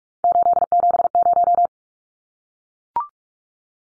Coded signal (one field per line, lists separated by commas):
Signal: Morse code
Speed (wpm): 44 wpm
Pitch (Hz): 700 Hz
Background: none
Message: 870